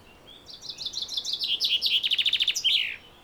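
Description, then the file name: Common chaffinch song: a rapid descending series of bright chirps speeding into a rattling trill, ending in a sharp flourish, about two and a half seconds long. "Fringilla coelebs"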